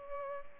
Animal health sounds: mosquito wingbeat signal from an infrared sensor; Culex pipiens

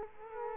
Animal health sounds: mosquito wingbeat signal from an infrared sensor; Culex quinquefasciatus

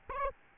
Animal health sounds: mosquito wingbeat signal from an infrared sensor; Aedes albopictus

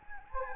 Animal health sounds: mosquito wingbeat signal from an infrared sensor; Anopheles gambiae

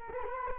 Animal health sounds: mosquito wingbeat signal from an infrared sensor; Culex quinquefasciatus

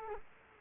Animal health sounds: mosquito wingbeat signal from an infrared sensor; Culex quinquefasciatus

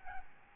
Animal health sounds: mosquito wingbeat signal from an infrared sensor; Aedes albopictus

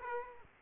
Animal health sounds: mosquito wingbeat signal from an infrared sensor; Aedes aegypti

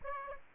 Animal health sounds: mosquito wingbeat signal from an infrared sensor; Aedes aegypti

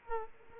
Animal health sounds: mosquito wingbeat signal from an infrared sensor; Culex quinquefasciatus

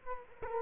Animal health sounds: mosquito wingbeat signal from an infrared sensor; Culex quinquefasciatus

